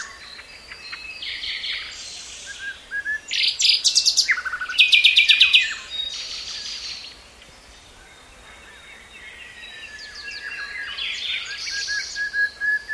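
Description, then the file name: Common nightingale singing varied phrases: buzzy bursts, a fast rattling series of repeated notes midway, then further whistles and chatter. "Luscinia megarhynchos"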